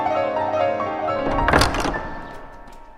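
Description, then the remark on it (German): A heavy wooden church door, the one leading up to the church tower, swings open inside a dim church with a low, resonant thunk and a short creaking scrape midway, then the sound fades into a lingering hum. No voices are heard. “Er hört, wie sich eine Tür öffnet. Es ist die Tür, die auf den Kirchturm führt.”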